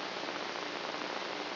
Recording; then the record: brain microelectrode recording played as sound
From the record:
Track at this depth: outside the subthalamic nucleus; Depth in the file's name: 6.501 mm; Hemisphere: right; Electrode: 3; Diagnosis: Parkinson's disease